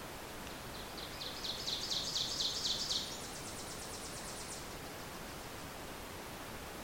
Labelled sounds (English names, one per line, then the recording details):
Ovenbird song
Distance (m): 40 m
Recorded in boreal forest in Alberta, Canada, on 26 May 2016 at 08:00
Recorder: SongMeter 3, array SBT-3-15
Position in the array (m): 52 m, 221 m
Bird 20